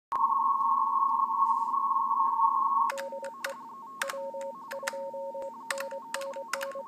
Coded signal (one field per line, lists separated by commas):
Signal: RTTY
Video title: Elecraft KX3 - RTTY 20M QSO - TG9AHM W2NNN